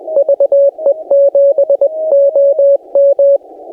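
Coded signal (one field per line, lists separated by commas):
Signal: Morse code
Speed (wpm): 18 wpm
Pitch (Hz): 560 Hz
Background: none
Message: VE7OM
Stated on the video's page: CW park activation pile-up on 15 meters, Yaesu FT-891 at 25 watts, US Morse paddles, 17-ft whip antenna.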